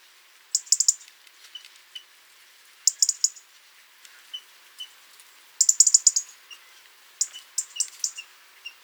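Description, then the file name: European robin uttering clustered, very high clicking notes in several bursts, with faint single tones between the bursts. "Erithacus rubecula"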